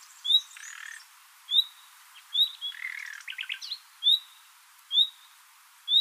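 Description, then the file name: Common nightingale song of bright repeated whistled notes roughly every second, broken by buzzy trills and a rapid series of chirps midway. "Luscinia megarhynchos"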